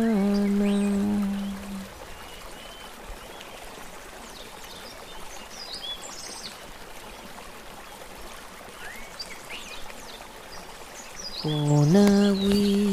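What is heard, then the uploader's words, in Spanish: Cloud forest ambience from the Sierra Norte of Oaxaca, Mexico, with a steady rushing hiss underneath and scattered high bird chirps throughout. A low, even droning hum sounds for the first two seconds, falls away, then returns louder from about eleven seconds to the end. Paisajes sonoros grabados en un bosque mesófilo de la Sierra Norte de Oaxaca, en México.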